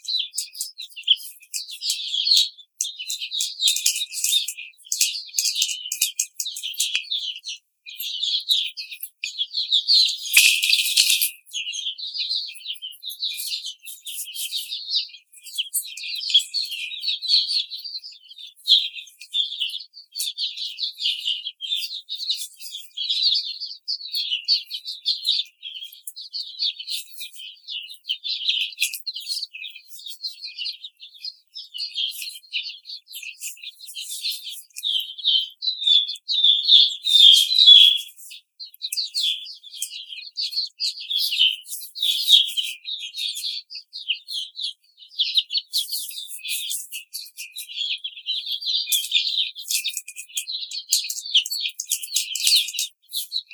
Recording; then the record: young laying hens in a cage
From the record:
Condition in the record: treatment cage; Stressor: simulated dog barking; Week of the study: 5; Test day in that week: 1